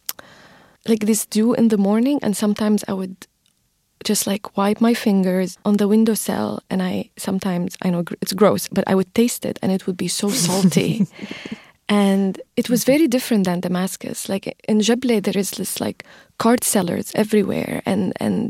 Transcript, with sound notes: like, this dew in the morning. And sometimes I would just, like, wipe my fingers on the windowsill, and I sometimes - I know, it's gross - but I would taste it, and it would be so salty.
(Laughter).
And it was very different than Damascus. Like, in Jableh, there is this, like, cart sellers everywhere.